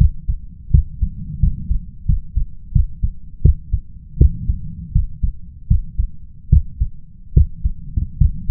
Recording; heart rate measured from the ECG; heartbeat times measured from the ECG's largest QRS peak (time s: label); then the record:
heart sounds by stethoscope; 80 bpm
0.70 s: heartbeat
1.39 s: heartbeat
2.05 s: heartbeat
2.72 s: heartbeat
3.41 s: heartbeat
4.17 s: heartbeat
4.92 s: heartbeat
5.67 s: heartbeat
6.49 s: heartbeat
7.33 s: heartbeat
8.17 s: heartbeat
From the record:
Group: healthy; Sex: male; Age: 21 years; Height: 180 cm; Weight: 67.5 kg